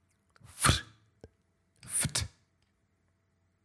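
household object, bottle being opened

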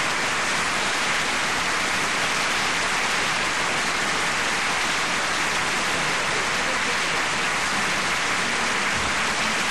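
crowd, audience applause

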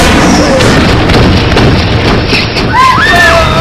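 sound effect, gunshot

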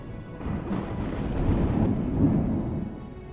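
sound effect, thunder crack sound effect

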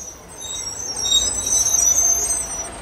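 vehicle, bus driving

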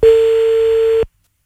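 signal or alarm, telephone ringing tone

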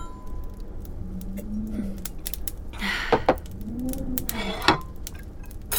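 household object, cutlery and dishes clinking

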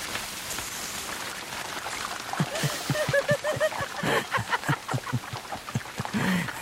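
nature, rain falling

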